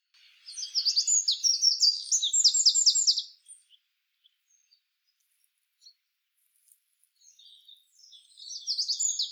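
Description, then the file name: Eurasian wren singing a loud, high, fast warbling phrase with a trilled rattle, followed by quiet, then a second burst of song starting near the end. "Troglodytes troglodytes"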